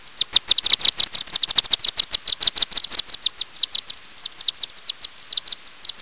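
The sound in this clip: Bat calls: a rapid series of short, clicky chirps, crowded closely at first and then spacing out more irregularly, with no other sounds.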